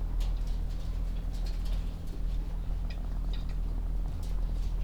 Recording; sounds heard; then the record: poultry house recording; sick chickens (respiratory disease)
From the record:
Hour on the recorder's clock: 16